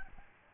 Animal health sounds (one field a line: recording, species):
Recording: mosquito wingbeat signal from an infrared sensor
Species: Aedes albopictus